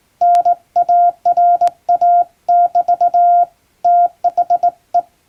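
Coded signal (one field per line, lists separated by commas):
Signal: Morse code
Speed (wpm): 21 wpm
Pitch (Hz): 700 Hz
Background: none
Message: NARA<BT> THE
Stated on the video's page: Morse code practice sent with a straight key.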